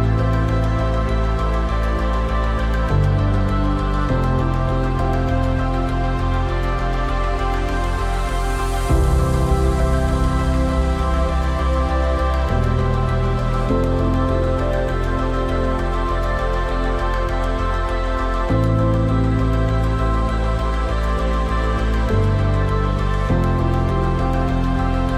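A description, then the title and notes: A chill lofi hip hop beat with a steady, full sound, warm low bass notes shifting every few seconds under a soft, dense mix. Chill Lofi Hip Hop Beat.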